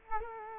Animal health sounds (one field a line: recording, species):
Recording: mosquito wingbeat signal from an infrared sensor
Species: Culex quinquefasciatus